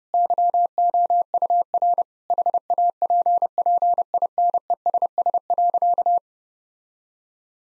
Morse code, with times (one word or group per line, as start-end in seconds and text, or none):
0.1-2.0 YOUR
2.3-6.2 HAPPINESS.